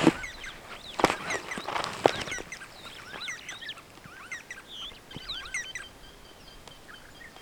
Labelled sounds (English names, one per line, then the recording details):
Superb Starling flight call
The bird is a male
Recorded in Kenya on 10 June 2010
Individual 7, of group CF1